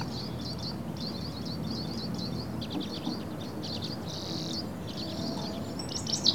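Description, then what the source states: Bird chirping, with many quick high notes over a steady low rumble of background noise. Birds calling on a summer afternoon in the countryside.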